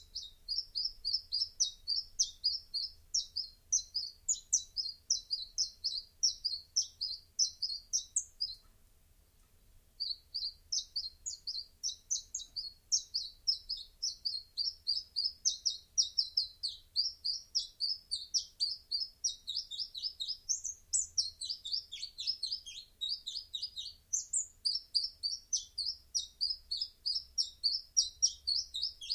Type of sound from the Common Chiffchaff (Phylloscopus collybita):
song